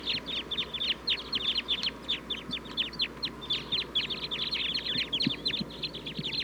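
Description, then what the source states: Red Crossbill flock calling: many sharp, downslurred chip notes in quick, overlapping series, steady for over six seconds. Wild Sitkensis-type crossbills calling in the treetops; microphone pointed at the flock in the tree.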